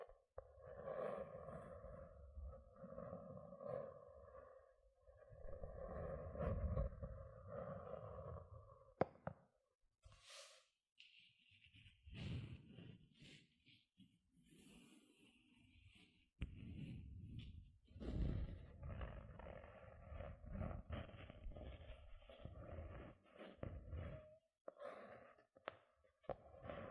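Gentle scratching sounds, with a soft rasping texture that comes in uneven bursts and pauses. The first nine seconds hold a steadier rubbing with a low hum beneath it. After that come brighter, choppier scrapes and short taps.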